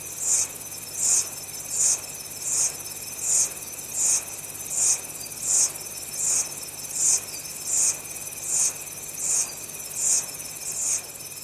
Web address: early evening tropical rain forest atmosphere with insects recorded near bangui